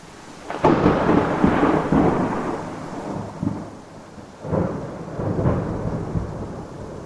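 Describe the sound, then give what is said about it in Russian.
A thunderstorm rumbles through steady rain, with a sharp crack opening into long rolling thunder that swells again midway, low and heavy beneath the constant hiss of falling water. “Дождь перешел в грозу. Яркие молнии перемежались раскатами грома.”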